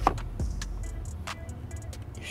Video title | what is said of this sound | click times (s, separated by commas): 17+ Digital Cluster Retrofit into 13-16 FRS/BRZ | should hear a little click an audible click if you listen closely i've got the red one in there now | 0.1 s